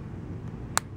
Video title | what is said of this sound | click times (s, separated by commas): Galaxy S4 Charging Port Replacement / THE EASY WAY (LESS THAN 10 MIN.) | you want to make sure with those connectors you will hear a snap when they click in | 0.8 s